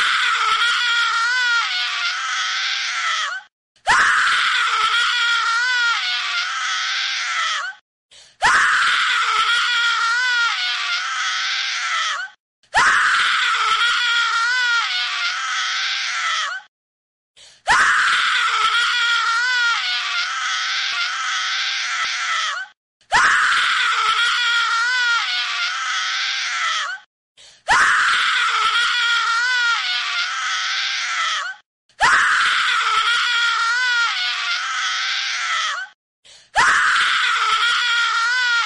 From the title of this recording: psycho scream